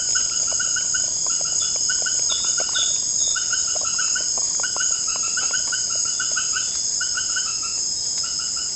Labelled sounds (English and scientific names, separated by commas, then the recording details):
none
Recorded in pastures near Puerto Asís, Putumayo, Colombia, on 30 June 2025 at 18:30
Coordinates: 0.496, -76.326
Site GP01